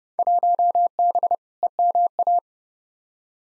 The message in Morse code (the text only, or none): 1B EMA